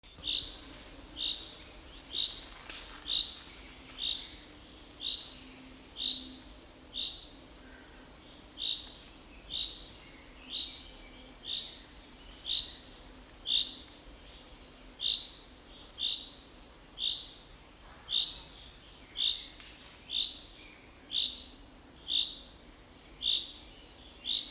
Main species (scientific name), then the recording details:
Fringilla coelebs. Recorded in the wild. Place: Bogensee, Barnim, Brandenburg, DE. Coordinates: 52.7714, 13.5294. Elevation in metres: 60. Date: 2004-05-30 14:21. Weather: sunny, 21-24°C. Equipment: Sony WM-D6C, Sennheiser ME 80, Kopie Uher 4000 Report Monitor. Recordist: Tembrock, Günter. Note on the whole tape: "Regenrufe". Waldschule Bogensee